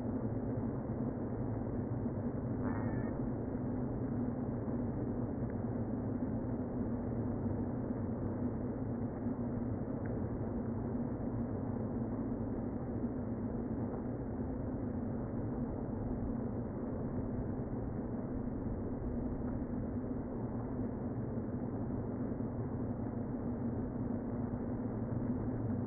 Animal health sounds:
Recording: honeybee colony, microphone inside the hive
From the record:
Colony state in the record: queen present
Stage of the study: before two queens were removed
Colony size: about 60,000 bees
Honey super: yes

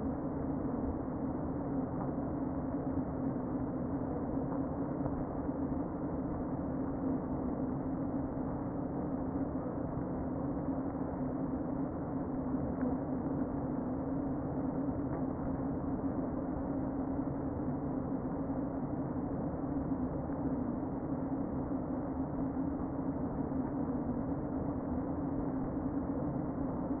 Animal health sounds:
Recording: honeybee colony, microphone inside the hive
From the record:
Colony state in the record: queen present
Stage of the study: before two queens were removed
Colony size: about 60,000 bees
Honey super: yes

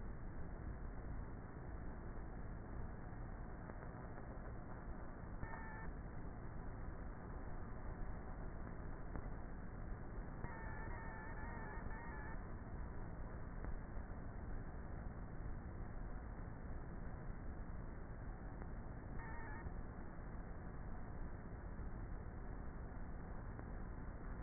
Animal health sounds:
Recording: honeybee colony, microphone inside the hive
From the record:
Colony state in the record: queenless with a low population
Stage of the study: before two queens were removed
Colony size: about 30,000 bees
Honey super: no

